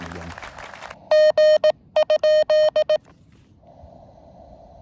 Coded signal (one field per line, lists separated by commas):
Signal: Morse code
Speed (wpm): 17 wpm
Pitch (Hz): 3100 Hz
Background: speech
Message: G?